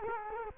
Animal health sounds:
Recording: mosquito wingbeat signal from an infrared sensor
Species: Culex quinquefasciatus

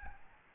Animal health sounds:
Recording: mosquito wingbeat signal from an infrared sensor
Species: Aedes albopictus

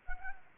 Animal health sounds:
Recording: mosquito wingbeat signal from an infrared sensor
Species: Anopheles arabiensis

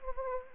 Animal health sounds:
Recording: mosquito wingbeat signal from an infrared sensor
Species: Anopheles arabiensis

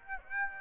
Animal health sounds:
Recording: mosquito wingbeat signal from an infrared sensor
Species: Aedes aegypti

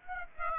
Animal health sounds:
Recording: mosquito wingbeat signal from an infrared sensor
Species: Aedes aegypti

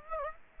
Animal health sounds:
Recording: mosquito wingbeat signal from an infrared sensor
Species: Aedes aegypti

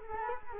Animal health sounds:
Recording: mosquito wingbeat signal from an infrared sensor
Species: Culex quinquefasciatus

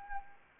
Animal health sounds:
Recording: mosquito wingbeat signal from an infrared sensor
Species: Anopheles arabiensis

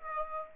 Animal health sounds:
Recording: mosquito wingbeat signal from an infrared sensor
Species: Aedes aegypti

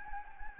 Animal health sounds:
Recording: mosquito wingbeat signal from an infrared sensor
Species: Anopheles gambiae

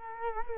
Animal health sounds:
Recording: mosquito wingbeat signal from an infrared sensor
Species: Culex quinquefasciatus

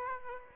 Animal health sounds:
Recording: mosquito wingbeat signal from an infrared sensor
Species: Aedes aegypti

